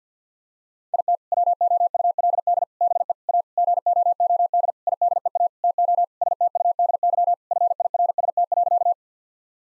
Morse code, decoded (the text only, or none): IT WOULD BE A GOOD IDEA TO STUDY FIRST.